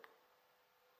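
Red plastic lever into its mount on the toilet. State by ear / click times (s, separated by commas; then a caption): seated / 0.0 s. A red plastic toilet lever is pushed onto its mount at the front while the sliding rings are held in place, with pressure applied until it seats. A short, sharp click is heard at 0.0 s, followed by a faint steady background hiss. The lever has slid in and is seated.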